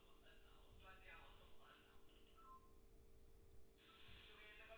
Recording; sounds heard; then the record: poultry house recording; no chicken sound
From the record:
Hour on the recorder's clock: 16